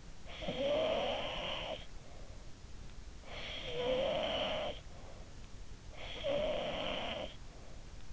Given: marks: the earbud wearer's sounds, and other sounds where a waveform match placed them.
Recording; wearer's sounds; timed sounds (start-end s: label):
sounds in sleep by an in-ear microphone; snoring breath
0.00-2.36 s: snoring breath
2.86-5.45 s: snoring breath
5.65-7.85 s: snoring breath